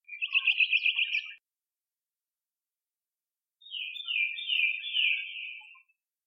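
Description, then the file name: Iora song: two rapid, buzzy trilled phrases of high notes, the first about a second long, the second longer, separated by a pause. Song of the type designated C. "Iora C-Song Sun Chong Hong"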